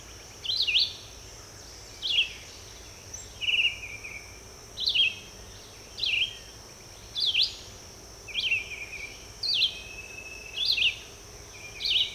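Red-eyed vireo singing a steady series of short up-and-down whistled phrases, about one each second, with a high buzzing insect hum throughout.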